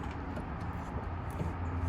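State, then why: Not seated. The rear door latch of a Ford Excursion is being lined back up onto its mount, ready to be popped into place. Only a steady low rumble with faint handling noise is heard. Nothing has seated or clicked yet.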